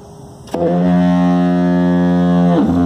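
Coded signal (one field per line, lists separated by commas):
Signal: ship horn signal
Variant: diaphone foghorn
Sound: one long, deep, loud foghorn blast ending in a falling diaphone grunt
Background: outdoor wind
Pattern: 1 long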